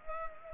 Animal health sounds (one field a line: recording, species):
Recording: mosquito wingbeat signal from an infrared sensor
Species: Culex pipiens